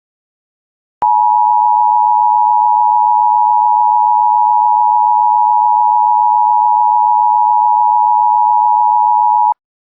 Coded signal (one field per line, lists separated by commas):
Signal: Emergency Alert System (SAME) tones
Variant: 853 and 960 Hz attention tone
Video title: Angry EAS (Uncensored Version)